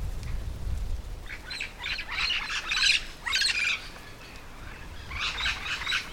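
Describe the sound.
Yellow-shouldered parrot giving short bursts of harsh squawks after a low rumble at the start, then a quieter gap before a final burst.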